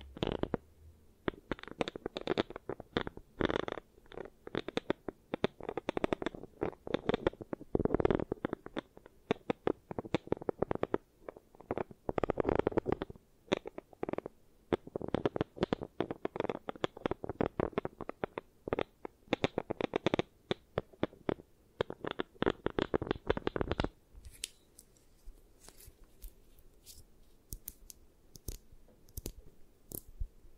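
Dense, rapid tapping and scratching during an eye massage, with quick clicks and rustles packed closely together for the first twenty-four seconds. After that the activity drops off to a few scattered sharp taps over a low, soft hum.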